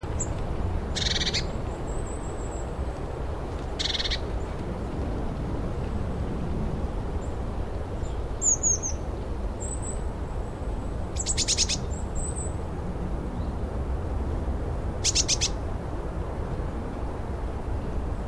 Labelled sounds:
Eurasian Blue Tit (Cyanistes caeruleus) call
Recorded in the wild
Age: adult
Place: Goriner Forst, Barnim, Brandenburg, DE
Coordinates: 52.7019, 13.4931
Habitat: coniferous forest
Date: 2012-11-04 14:38
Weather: 10°C, cloudy, week winds
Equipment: Sound Devices 702, Sennheiser MKH 70, Rycote Windschutz
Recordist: Frommolt, Karl-Heinz

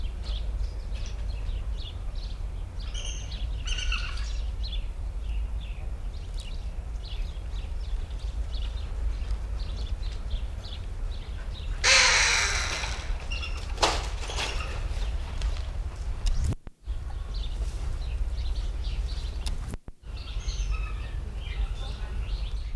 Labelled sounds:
Bateleur (Terathopius ecaudatus) call
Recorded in captivity
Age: adult
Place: Tierpark Berlin, Berlin, DE
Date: 1972-09-16
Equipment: Uher 4200 Report Monitor, Verst. I, Sennheiser MD 421
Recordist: Tembrock, Günter
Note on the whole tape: Rufe. Aufnahmezeit: 9-13.00 Uhr

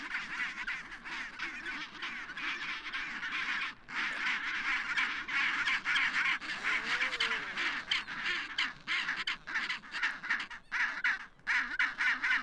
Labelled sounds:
Chinstrap Penguin (Pygoscelis antarcticus) call
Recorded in the wild
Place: Half Moon Island, Antarctica, AQ
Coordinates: -62.35, -59.55
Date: 2019-01-02
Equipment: Olympus LS-100, Sennheiser ME66
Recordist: Beaulieu, Michaël
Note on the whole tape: In Kolonie von Eselspinguinen. Küken

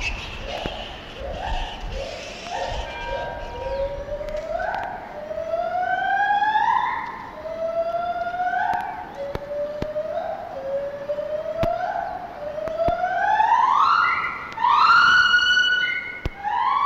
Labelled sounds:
Lar Gibbon (Hylobates lar)
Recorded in captivity
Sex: pair
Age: adult
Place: Zoo Berlin, Berlin, DE
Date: 1988-11-19
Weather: wolkig bis heiter, 0-3°C
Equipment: Sony WM-D6C, Kopie Uher
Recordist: Tembrock, Günter

